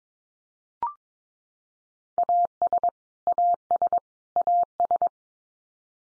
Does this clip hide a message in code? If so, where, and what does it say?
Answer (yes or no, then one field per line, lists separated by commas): yes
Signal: Morse code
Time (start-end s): 2.2-5.1 s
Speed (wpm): 22 wpm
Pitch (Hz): 700 Hz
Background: none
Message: AS AS AS